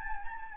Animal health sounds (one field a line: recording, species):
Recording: mosquito wingbeat signal from an infrared sensor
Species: Anopheles gambiae